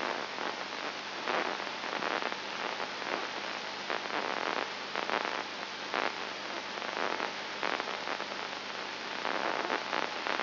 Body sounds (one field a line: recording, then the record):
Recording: brain microelectrode recording played as sound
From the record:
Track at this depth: inside the subthalamic nucleus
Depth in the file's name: 5.5 mm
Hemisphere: left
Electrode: 2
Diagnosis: Parkinson's disease